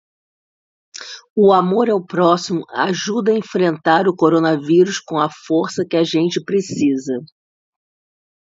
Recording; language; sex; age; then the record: spoken sentence; Brazilian Portuguese; female; 50 to 59 years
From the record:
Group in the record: control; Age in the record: 54 years